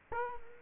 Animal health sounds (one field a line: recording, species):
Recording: mosquito wingbeat signal from an infrared sensor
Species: Culex quinquefasciatus